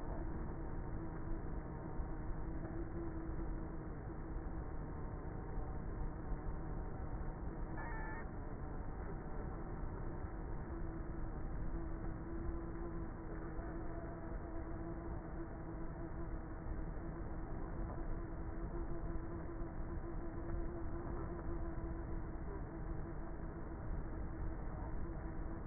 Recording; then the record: honeybee colony, microphone inside the hive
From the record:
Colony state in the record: queenless with a low population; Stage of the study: before two queens were removed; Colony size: about 30,000 bees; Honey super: no